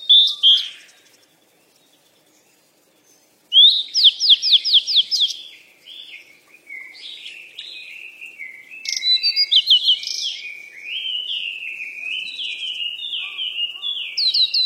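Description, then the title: Bird song of quick repeated chirps: a brief note, a pause, then a fast trill of upswept notes and a long run of descending twittering phrases. "鸟儿喳喳"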